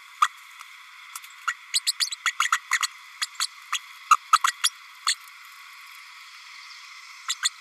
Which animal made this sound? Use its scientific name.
Forpus passerinus